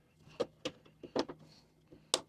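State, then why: Seated. A plastic push-peg trim fastener on the air box cover of a Honda CT125 Trail 125 motorcycle is pressed down into its hole. Several light plastic taps and knocks come first, then a sharp, loud snap at 2.1 s as the peg seats in the hole.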